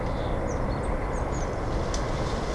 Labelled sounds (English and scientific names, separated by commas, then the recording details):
Eurasian Blue Tit (Cyanistes caeruleus)
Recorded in Germany
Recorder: ecoPi